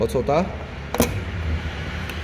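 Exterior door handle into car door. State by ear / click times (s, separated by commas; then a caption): seated / 1.0 s. While a helper pulls the door mechanism, a plastic and metal exterior door handle is pushed into a BMW X6 car door; someone talks at the start. A sharp, strong snap at 0.9 s marks the handle locking into place, followed by a fainter tap at 2.1 s. The handle is confirmed seated.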